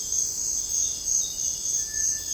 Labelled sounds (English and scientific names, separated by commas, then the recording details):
Cinereous Tinamou (Crypturellus cinereus)
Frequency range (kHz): Cinereous Tinamou (Crypturellus cinereus) 1.3-2.1 kHz
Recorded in dense forest near Puerto Asís, Putumayo, Colombia, on 21 February 2024 at 06:00
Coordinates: 0.487, -76.319
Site G6403